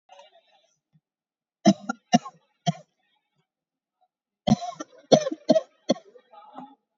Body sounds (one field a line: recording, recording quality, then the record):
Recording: heavy voluntary cough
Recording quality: excellent, no background noise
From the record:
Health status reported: COVID-19 positive, mild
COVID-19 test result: positive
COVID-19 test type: RT-PCR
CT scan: taken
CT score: 4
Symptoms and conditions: cold, breathing difficulty, sore throat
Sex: female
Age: 64 years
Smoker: no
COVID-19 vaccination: one dose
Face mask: not worn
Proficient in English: yes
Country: India